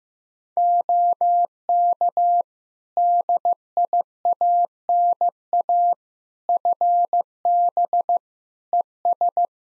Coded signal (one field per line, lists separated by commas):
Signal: Morse code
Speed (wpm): 15 wpm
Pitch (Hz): 700 Hz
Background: none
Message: OK DIANA FB ES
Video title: Practice QSO - Exchange 2- Info - 15wpm